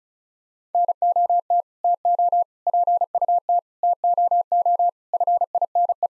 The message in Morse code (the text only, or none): NOT TO PUT TOO FINE